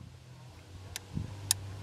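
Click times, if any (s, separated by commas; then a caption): 1.5 s. A regular screwdriver is put under the plastic retaining clip that holds the coolant temperature sensor in the coolant housing of a Volkswagen Beetle and twisted upward. A fainter sharp tick is heard at 1.0 s, then the clip clicks off with a loud, sharp click at 1.5 s over a low steady hum. The clip is released and the sensor comes right out.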